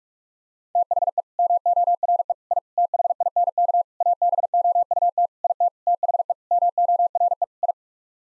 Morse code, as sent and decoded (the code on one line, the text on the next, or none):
- .... . / -- --- .-. . / .. / - .... .. -. -.- / .- -... --- ..- - / .. - / - .... . / -- --- .-. . / ..
THE MORE I THINK ABOUT IT THE MORE I